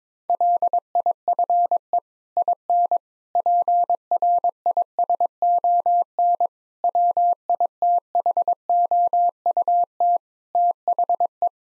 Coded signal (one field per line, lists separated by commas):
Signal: Morse code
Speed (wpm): 22 wpm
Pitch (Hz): 700 Hz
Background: none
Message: LIFE IN PRISON WITHOUT THE